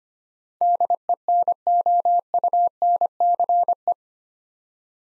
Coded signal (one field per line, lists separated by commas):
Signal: Morse code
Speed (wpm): 25 wpm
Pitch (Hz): 700 Hz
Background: none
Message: DENOUNCE